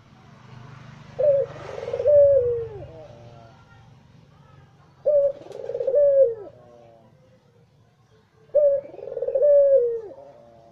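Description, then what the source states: Barbary dove coo repeated three times about every three and a half seconds: a short note, a rolling purr, then a long sliding fall. White Barbary dove; masteran used by songbird keepers to tutor songbirds.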